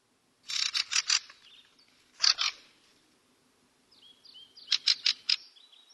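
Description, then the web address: Fieldfare calls: harsh chacking bursts in three separate groups, the last mixed with thin squeaky whistles, with silent pauses between groups. Recorded in spring 2024, week 20. "huomenet-kevat-2024 viikko-20-lintujen-laulu lintujen-laulu rakattirastas räkättirastas"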